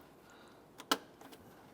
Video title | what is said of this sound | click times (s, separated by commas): How to Replace A/C Condenser and Receiver Drier Assembly 2008-2012 Honda Accord | slide that up and lock that into the other connector | 0.9 s